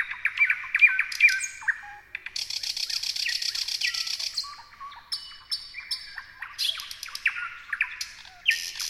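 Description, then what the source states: Thrush nightingale song: varied phrases of clicks, rapid rattling trills and harsh chattering notes, broken by short pauses. More than one thrush nightingale singing.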